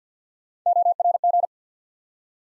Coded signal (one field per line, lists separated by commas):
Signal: Morse code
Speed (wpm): 53 wpm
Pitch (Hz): 700 Hz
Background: none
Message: ORG